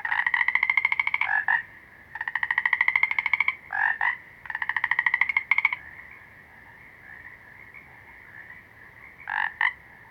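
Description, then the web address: Frog calls in long rattling pulse trains of a second or more, broken by short croaks, then a quieter stretch before two final brief bursts. Small green frogs. "Sounds of Nature Collection 51 Small Green Froggies"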